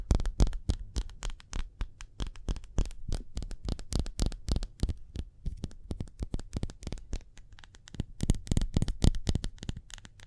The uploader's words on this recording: ASMR Speedy Hand Sounds (No Talking).